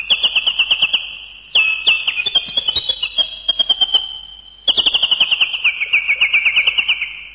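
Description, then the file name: Bird calls: rapid pulsed trills over a sustained whistle, repeated in three runs that drift slowly lower in pitch. "uccelli birds"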